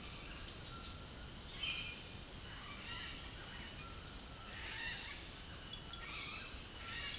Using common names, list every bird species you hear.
Red-bellied Macaw